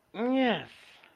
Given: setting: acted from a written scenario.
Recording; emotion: vocal sound without words; triumph